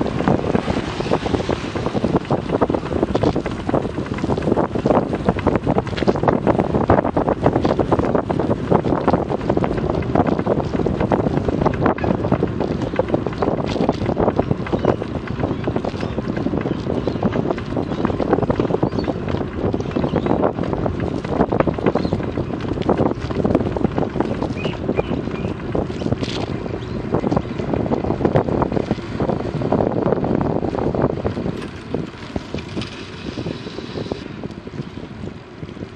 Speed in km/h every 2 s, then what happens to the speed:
31, 31, 31, 31, 31, 30, 31, 31, 31, 31, 30, 30, 29, 28, 26, 21, 16, 16.
0-25 steady at about 31. 25-32 slows to 16.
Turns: none.